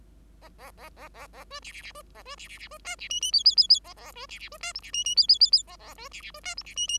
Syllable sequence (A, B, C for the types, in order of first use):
A A A A A A B C C C B A B C C C B D C E E F F F F A A B C C B D G C E E F F F F A A B C C B D G C E E